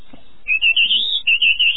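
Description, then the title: Canary singing a smooth, high warbling trill that climbs slightly, breaks briefly, then carries on in rolling pulses. Early morning, Cape. "kenari. Early Cape Morning"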